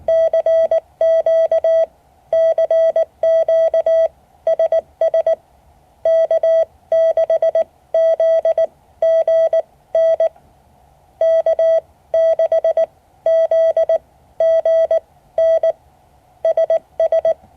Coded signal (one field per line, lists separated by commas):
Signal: Morse code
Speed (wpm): 19 wpm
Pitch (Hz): 650 Hz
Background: none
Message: CQ CQ SS K6ZGN K6ZGN SS